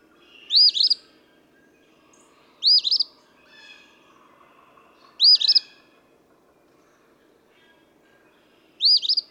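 Eastern phoebe song: four raspy, burry two-part phrases spaced unevenly, with softer sounds in the gaps.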